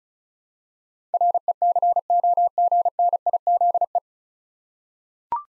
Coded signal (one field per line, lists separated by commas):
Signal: Morse code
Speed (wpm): 36 wpm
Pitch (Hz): 700 Hz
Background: none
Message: RECOGNIZE